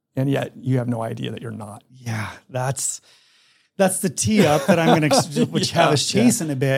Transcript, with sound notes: and yet you have no idea that you’re not.
Yeah. That’s, that’s the tee up that I’m gonna ex-
[laughs] Yeah.
Which have us chase in a bit.